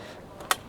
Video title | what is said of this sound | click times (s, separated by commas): รีวิว TRIUMPH TIGER SPORT 660 2022 - ขี่ง่ายคล่องตัวทุกเส้นทาง | เราเข้าล็อกหรือเปล่าก็กดอย่างแรงๆกดนมลงไปแล้วได้เนี่ย | 0.5 s